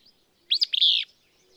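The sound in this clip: Willow Flycatcher singing one brisk, burry phrase: quick sharp downslurs followed by a drawn-out buzzy note, with faint chatter from other birds.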